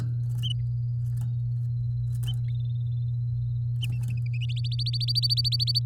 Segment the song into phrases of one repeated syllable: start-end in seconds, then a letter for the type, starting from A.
4.49-5.79 A